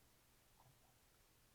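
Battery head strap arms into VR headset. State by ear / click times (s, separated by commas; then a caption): not seated / none. Plastic battery head strap arms are handled at the front of a VR headset, ready to snap in. Only faint, low handling noise is heard, with a slight bump around 0.6 seconds. Nothing has seated or clicked yet.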